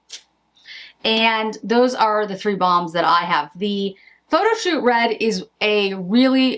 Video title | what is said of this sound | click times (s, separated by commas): What YOU Actually Bought in 2025 (The Results Surprised Me!) (Giveaway #10) CLOSED | They snap into place. | 0.1 s